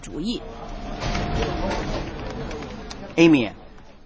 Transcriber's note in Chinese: Office ambience